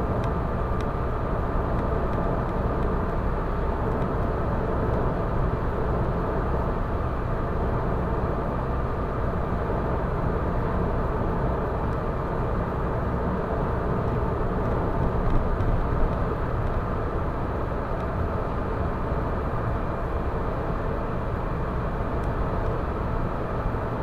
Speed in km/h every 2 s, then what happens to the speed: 113, 113, 112, 112, 112, 112, 112, 113, 113, 113, 114, 114.
0-24 steady at about 113.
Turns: none.